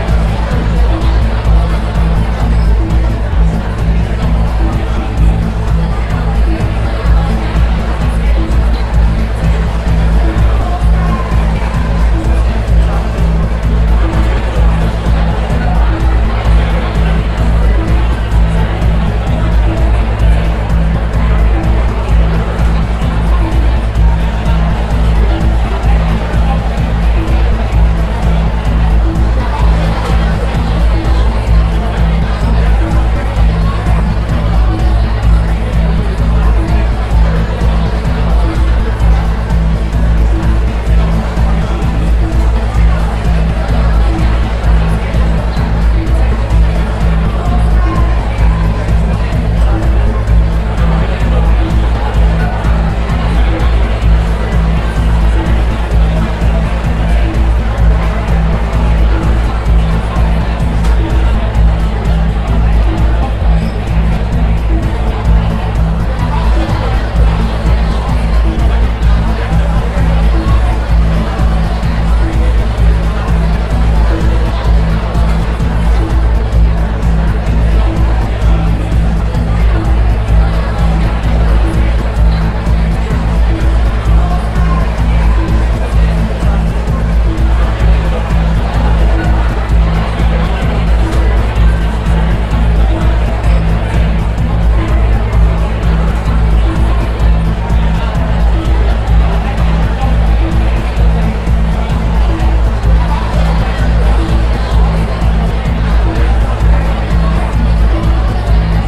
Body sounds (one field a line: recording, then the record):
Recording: background sound without coughing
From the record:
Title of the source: Party Noise 1 Hour Party Ambience